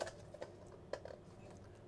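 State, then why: Seated. An internal cable connector, probably the display panel cable, is pressed into its socket on the mainboard of a laptop under repair, first on one side and then the other. A few light taps come before a sharp click at 0.9 s, followed by faint small clicks. The connector is properly seated.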